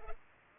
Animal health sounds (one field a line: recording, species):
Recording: mosquito wingbeat signal from an infrared sensor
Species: Culex pipiens